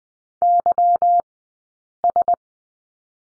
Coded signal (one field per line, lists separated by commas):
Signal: Morse code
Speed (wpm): 20 wpm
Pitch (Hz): 700 Hz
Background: none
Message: YS